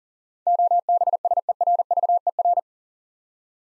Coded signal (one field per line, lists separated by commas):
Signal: Morse code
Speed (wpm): 40 wpm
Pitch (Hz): 700 Hz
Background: none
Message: OBSERVER